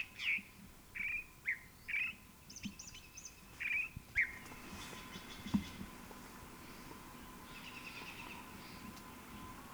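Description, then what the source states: California Thrasher singing a series of short, varied chirping phrases, then fainter phrases, over steady background hiss. Recorded February 21, 1970, in Strawberry Canyon, Alameda County, California.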